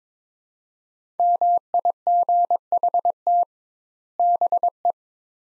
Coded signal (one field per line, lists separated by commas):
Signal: Morse code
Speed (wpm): 23 wpm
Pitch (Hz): 700 Hz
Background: none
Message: MIGHT BE